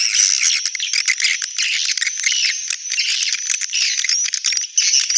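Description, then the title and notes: Swiftlets twittering, a thick wash of high chirps and trills with occasional thin whistles above, continuous throughout. Sound used in swiftlet farming in Asia. "Swiflet Bird Sound. Farming Swiflet Bird asia sound"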